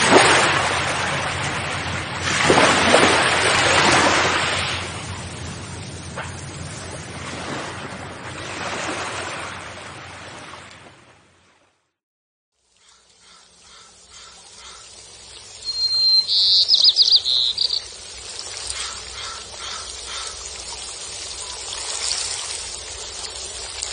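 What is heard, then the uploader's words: Waves wash onto the beach in surging bursts for ten seconds, then quieter surf follows with a sharp bird call around seventeen seconds. Sea water beats on the beach accompanied by sea breeze, seagulls and birds chirping.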